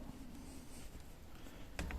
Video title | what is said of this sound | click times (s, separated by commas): Can a budget bike light be any good ? | then the light should just slot in and slide forward like so, and you can hear it click, and | 1.8 s